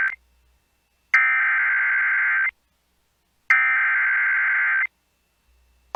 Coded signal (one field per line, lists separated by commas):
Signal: Emergency Alert System (SAME) tones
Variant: header bursts